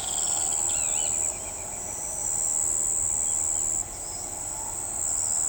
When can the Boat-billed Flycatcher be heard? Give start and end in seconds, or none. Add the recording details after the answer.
0.00-1.12. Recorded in shrubland near Pivijay, Magdalena, Colombia, on 18 April 2023 at 05:30. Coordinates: 10.453, -74.365. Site P5-G022